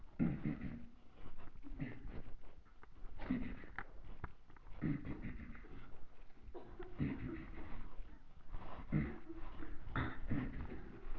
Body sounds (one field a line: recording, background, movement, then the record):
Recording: throat clearing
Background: a bystander coughing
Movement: walking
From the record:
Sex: male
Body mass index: 23.7 kg/m2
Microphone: on the chest, facing the body